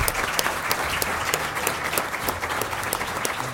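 An audience applauds steadily, a dense wash of many hands clapping at an even level for a few seconds, with no one speaking over it.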